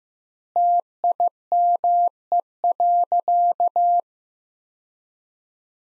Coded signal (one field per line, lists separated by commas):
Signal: Morse code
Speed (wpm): 15 wpm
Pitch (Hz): 700 Hz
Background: none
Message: TIME.